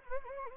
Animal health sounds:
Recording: mosquito wingbeat signal from an infrared sensor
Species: Anopheles gambiae

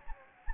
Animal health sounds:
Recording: mosquito wingbeat signal from an infrared sensor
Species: Anopheles gambiae

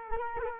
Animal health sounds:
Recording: mosquito wingbeat signal from an infrared sensor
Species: Culex quinquefasciatus

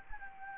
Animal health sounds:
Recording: mosquito wingbeat signal from an infrared sensor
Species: Anopheles gambiae

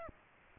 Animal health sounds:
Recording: mosquito wingbeat signal from an infrared sensor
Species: Aedes aegypti

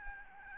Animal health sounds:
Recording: mosquito wingbeat signal from an infrared sensor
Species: Aedes albopictus

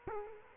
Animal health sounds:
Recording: mosquito wingbeat signal from an infrared sensor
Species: Culex quinquefasciatus

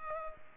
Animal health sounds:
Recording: mosquito wingbeat signal from an infrared sensor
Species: Culex pipiens

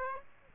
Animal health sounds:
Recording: mosquito wingbeat signal from an infrared sensor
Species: Aedes aegypti

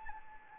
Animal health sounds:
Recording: mosquito wingbeat signal from an infrared sensor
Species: Anopheles arabiensis

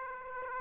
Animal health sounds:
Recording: mosquito wingbeat signal from an infrared sensor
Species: Aedes aegypti

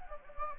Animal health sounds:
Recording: mosquito wingbeat signal from an infrared sensor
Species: Anopheles gambiae

